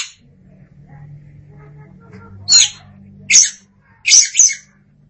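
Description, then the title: Oriental magpie-robin giving four short, harsh, buzzy high bursts in the last half, after a quiet stretch with a faint low hum. Kacer song. "Suara Kicauan Burung Kacer Durasi Panjang"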